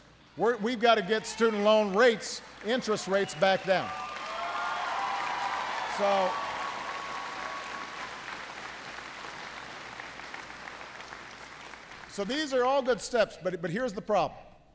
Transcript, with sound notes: We've got to get student loan rates -- interest rates back down. (Applause.)
So these are all good steps, but here's the problem